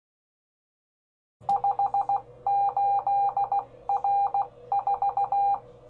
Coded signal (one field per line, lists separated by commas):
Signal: Morse code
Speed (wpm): 16 wpm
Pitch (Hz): 800 Hz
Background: none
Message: 58R4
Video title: My 4SQRP Hill Topper 20 CW Radio Rose From the Grave! (Halloween)